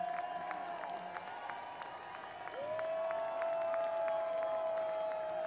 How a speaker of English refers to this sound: Everybody clap your hands and maybe the band will come back out.